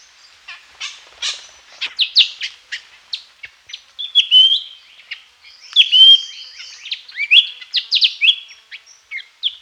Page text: Lesser Racket-Tailed Drongo Song. Quick Sounds